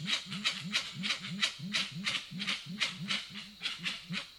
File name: Grey winged trumpeter